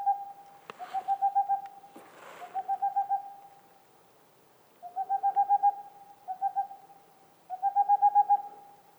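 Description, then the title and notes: Boreal owl hooting in rapid runs of several notes, each run lasting up to a second, repeated every one to two seconds, with a brief crackle early on. Singing male near a black woodpecker nest hole, in the mountains near the Mediterranean, 2 April 2019, 20:15, evening; homemade parabolic dish, two omni microphones, MixPre 3 recorder. "Une chouette pas si boréale. 02 avril 2019-20h15-en montagne. la Tengmalm boréale ( Aegolius funereus) , pas si boréale que cela car nous sommes aux portes de la méditerranée"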